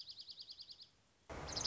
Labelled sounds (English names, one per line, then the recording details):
Dark-eyed Junco
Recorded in Sonoma County, California